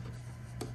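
A replacement fan's plastic wire connector is handled at its header on a power module circuit board while care is taken not to press hard on the board. There is a low steady hum with light rubbing and a brief brighter burst near 0.6 s. Nothing has seated or clicked yet.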